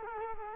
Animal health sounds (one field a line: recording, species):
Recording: mosquito wingbeat signal from an infrared sensor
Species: Culex quinquefasciatus